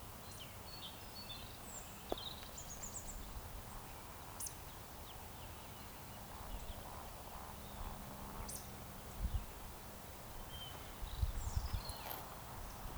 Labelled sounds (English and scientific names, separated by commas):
Eurasian Woodcock (Scolopax rusticola) whistle, Eurasian Woodcock (Scolopax rusticola) croak